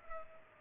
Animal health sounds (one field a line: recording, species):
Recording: mosquito wingbeat signal from an infrared sensor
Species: Culex pipiens